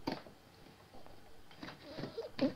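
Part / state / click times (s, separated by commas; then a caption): blade/lid assembly onto blender cup / not seated / none. A blade and lid assembly for a Ninja Nutri Chef multi-use blender and chopper is fumbled and twisted clockwise onto its plastic blender cup, making scraping handling sounds with sharp knocks at about 0.1, 1.1 and 2.4 seconds. Nothing has seated or locked into place yet.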